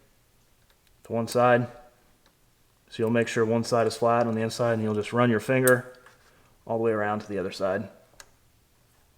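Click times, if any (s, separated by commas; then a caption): 8.2 s. A retaining ring on a new Acuity shifter cable bushing is fed in on one side, flat side on the inside, then a finger is run all the way around it to the other side while someone talks. At 8.2 s a short, sharp click is heard as the ring snaps into its groove and seats in place.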